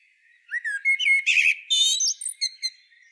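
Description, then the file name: Common blackbird giving one song phrase: a few soft fluted notes, then a rapid, rasping high-pitched twitter that fades out. "Turdus merula"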